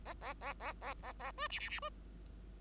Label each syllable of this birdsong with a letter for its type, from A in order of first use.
A A A A A A A B C C C B